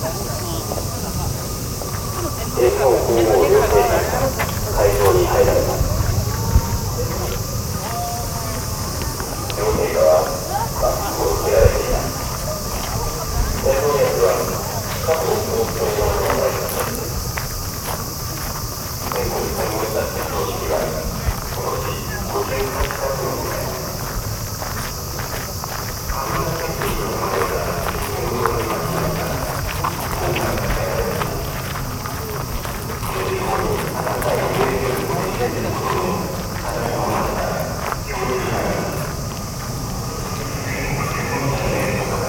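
Ambience at Yasukuni Shrine in Tokyo, with people talking in overlapping murmurs and footsteps crunching along throughout. A steady low rumble and a faint high hiss run underneath, while voices rise and fall in loose bursts every few seconds without any single dominant event.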